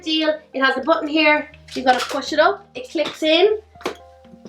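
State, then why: Seated. Someone talks while pressing the button on the hinged plastic joint of a cordless stick vacuum's folding wand, letting it flip, then pushing it back down until it locks straight to make sure it is completely locked. A short, sharp latch click is heard at 3.9 s as the joint seats.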